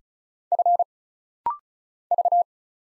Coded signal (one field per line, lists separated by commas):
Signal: Morse code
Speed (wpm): 36 wpm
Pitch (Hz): 700 Hz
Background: none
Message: F V